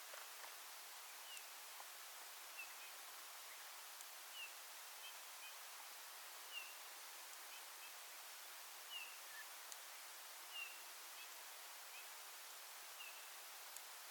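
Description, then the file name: Eurasian bullfinch calls: soft, short, slightly descending piped notes repeated several times at irregular intervals, faint over a steady hissing background. "Pyrrhula pyrrhula"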